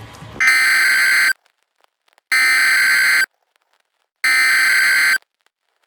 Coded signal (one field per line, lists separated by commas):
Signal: Emergency Alert System (SAME) tones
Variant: header bursts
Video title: EAS MOCK: STEAL A BRAINROT